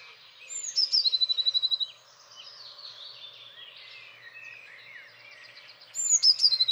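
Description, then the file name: Eurasian blue tit song: a high note followed by a fast even trill, then quieter mixed twittering of other birds, before the next phrase begins. "Blåmeis"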